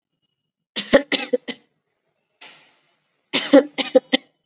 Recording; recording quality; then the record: shallow voluntary cough; excellent, no background noise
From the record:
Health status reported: COVID-19 positive, mild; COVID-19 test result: positive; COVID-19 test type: RT-PCR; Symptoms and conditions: cough, fever, fatigue, muscle pain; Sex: female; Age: 19 years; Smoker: no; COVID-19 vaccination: both doses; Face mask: worn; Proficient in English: yes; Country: India